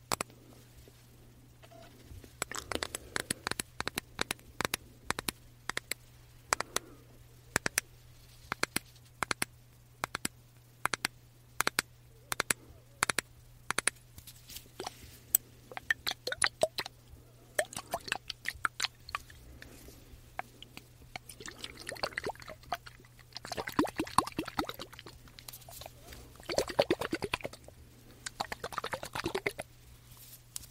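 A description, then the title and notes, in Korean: Quick, dense tapping on diffuser and body mist bottles clicks steadily throughout, with brief swishy shaking bursts near the end over a constant low hum. ASMR 말없이 디퓨저, 바디미스트 탭핑 , 흔드는 소리.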